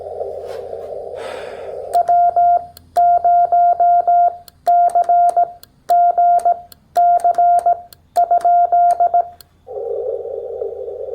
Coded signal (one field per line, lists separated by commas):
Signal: Morse code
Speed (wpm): 17 wpm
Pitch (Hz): 700 Hz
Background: none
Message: W0CGC ?